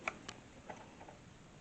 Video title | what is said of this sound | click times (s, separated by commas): Transformers Toys Generations War for Cybertron Kingdom Titan WFC K30 Autobot Ark Part 1 | give that a little click, and then there you got your little ramp | 0.1 s, 0.3 s